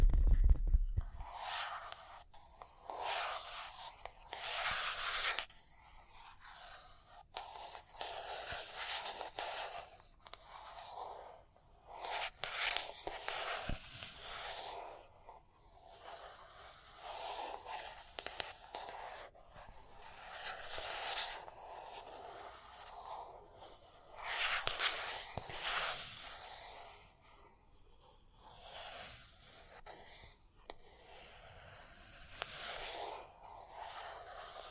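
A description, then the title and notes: Tapping and scratching goes on for the whole stretch, a busy run of soft rubs and quick ticks. Bright scratchy bursts swell and fade every few seconds, with sharper taps scattered between them, and a brief low thump right at the start. Tapping and Scratching (No Talking).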